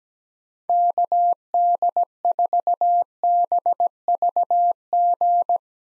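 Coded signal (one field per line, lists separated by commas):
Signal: Morse code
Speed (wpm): 17 wpm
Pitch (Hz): 700 Hz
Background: none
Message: KD4BVG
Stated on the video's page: Computer-generated Morse at 17 wpm: common park-activator call signs, each sent twice, for head-copy practice.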